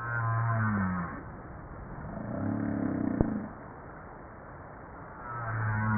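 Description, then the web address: Humpback whale song units: a low tonal moan, a pulsed buzzy groan with a sharp click, then another low harmonic moan returning at the end. Recorded 2 March 1994, file time 12:37. "humpback 940302-1237"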